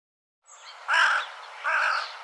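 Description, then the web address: Bird uttering two harsh, drawn-out calls about half a second apart, preceded by a softer rasping note. "cianscape birddata Deverinetal 2025"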